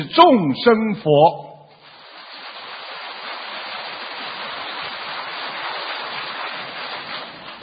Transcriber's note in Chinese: 掌声